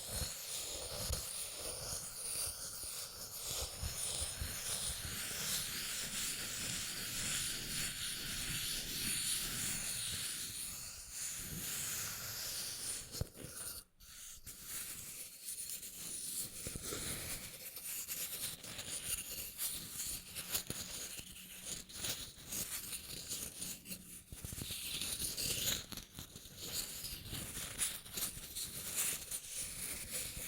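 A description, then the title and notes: Rubbing and crinkling runs almost without pause, a dense, scratchy rustle with quick irregular crackles spread across low and bright ranges. It eases briefly near fourteen seconds with a short gap, then resumes slightly thinner and choppier. A faint steady high whine sits underneath throughout. Rubbing and Crinkles (NO TALKING).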